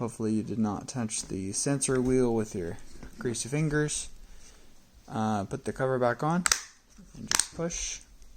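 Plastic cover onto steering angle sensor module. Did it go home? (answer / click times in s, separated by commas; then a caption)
no / none. A plastic cover is being put back onto the steering angle sensor module of a BMW E9x/E7x SZL/clock spring assembly while someone talks, with a few faint handling taps. The clip ends before the cover is pushed down, so nothing has snapped into place or seated yet.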